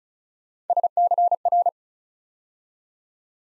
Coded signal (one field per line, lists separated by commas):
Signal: Morse code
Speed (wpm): 36 wpm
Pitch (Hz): 700 Hz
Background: none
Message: SCR